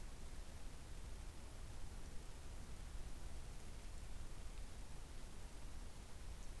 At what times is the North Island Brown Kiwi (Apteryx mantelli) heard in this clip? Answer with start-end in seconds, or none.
none